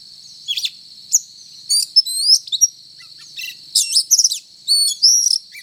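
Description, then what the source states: Oriental magpie-robin song of separate sharp chirps and slurred whistles, then a livelier cluster of clear rising notes near the end, over steady high hiss. Indonesian title calls the bird a 'gacor' magpie-robin, a bird-keepers' term for one singing often and energetically.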